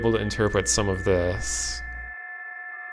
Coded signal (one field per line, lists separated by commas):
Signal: PSK63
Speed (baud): 62.5 baud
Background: speech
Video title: (shortwave radio) [ full stream ] analog radio and ARGs